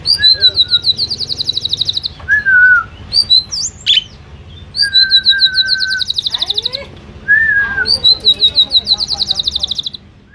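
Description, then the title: Asian pied starling singing high rapid trills that alternate with drawn-out slurred whistles and brief scratchy notes, repeated in phrases. Bird singing actively, used as tutor audio for training pet birds. "Jalak Suren Gacor full"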